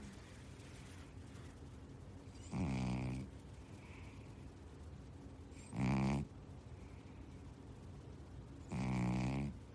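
A sleeping, very relaxed male cat snoring: low, buzzy snores recurring about every three seconds.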